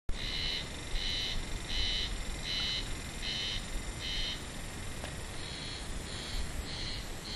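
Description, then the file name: Cicada giving a series of pulsed buzzy bursts a little under one second apart, over a constant low rumble of background noise. "semi 110604"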